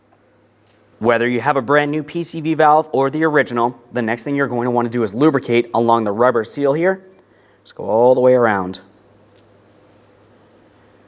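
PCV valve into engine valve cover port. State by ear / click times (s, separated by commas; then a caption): not seated / none. Someone talks while the rubber seal of a PCV valve (new or original) is lubricated all the way around, before the valve is lined up with its port in the plastic valve cover of a 2008-2016 Chrysler Town & Country. After the talking, one small incidental hit is heard at 9.4 s. The valve has not yet been pressed in, and nothing has seated or clicked yet.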